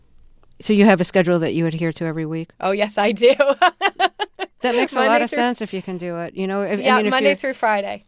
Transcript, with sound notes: So you have a schedule that you adhere to every week?
Oh, yes I do.
(LAUGHTER)
That makes a lot of sense if you can do it. You know? I mean, if you're...
Yeah, Monday through Friday.